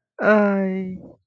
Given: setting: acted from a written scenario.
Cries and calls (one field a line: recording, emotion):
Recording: vocal sound without words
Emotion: guilt